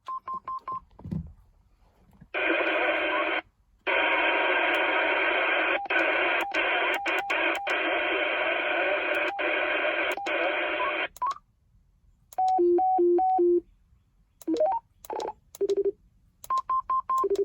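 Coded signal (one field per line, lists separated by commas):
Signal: roger beep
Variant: CB radio roger beep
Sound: bursts of radio hiss, then short beep melodies, one alternating high-low three times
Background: radio static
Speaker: Now, is that Roger be controllable? Is that something you can turn on and off? Yep. In fact, I can change it. I think it has a few settings. Let me check them out. All right, yeah, it's got 6 different settings for Roger Beep.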